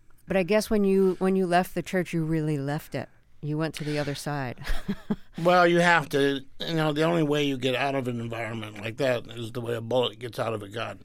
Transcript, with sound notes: But I guess when you when you left the church, you really left it. You went to the other side (laughter)
Well, you have to - you know, the only way you get out of an environment like that is the way a bullet gets out of a gun.